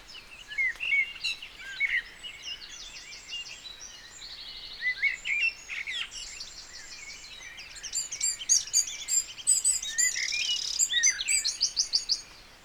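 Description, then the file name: Eurasian wren song, several rapid bursts of high shrill notes and trills. "Troglodytes troglodytes"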